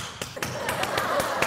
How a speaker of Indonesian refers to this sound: Itu tepuk pramuka itu, bos.